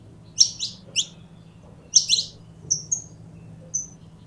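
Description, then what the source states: Belgian canary producing paired downward chirps then longer level whistled notes, a short song over a quiet low hum. Purebred Belgian canary.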